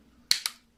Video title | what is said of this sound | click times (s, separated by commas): Transformers Legacy Commander Class Motormaster Review (13+) | click them too like so | 0.3 s